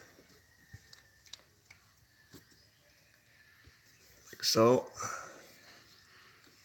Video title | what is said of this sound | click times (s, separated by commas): First YouTube Live.... Workin On The Mopar | We take this thing here, which just locks into place. Like | 1.3 s